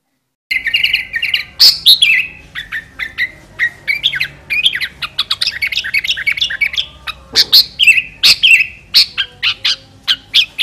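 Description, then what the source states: Sooty-headed bulbul delivering a long, fast sequence of chirps and short whistled notes, steady and energetic, with occasional sharp accented calls. Master (training) recording; singing style described as fierce, with a 'thunder voice'.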